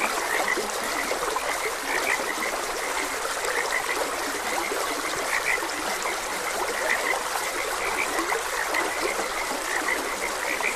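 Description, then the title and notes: Frog chorus of brief, clicking croaks repeating unevenly throughout, partly masked by a steady flow of trickling water. Frogs croaking beside a gentle stream. "Gentle Stream and Frogs Croaking. Sleep and Relaxation Podcast"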